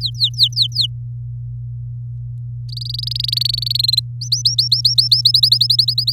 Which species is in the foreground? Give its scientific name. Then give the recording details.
Serinus canaria. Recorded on 4 May 2018 at 09:20. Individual llb16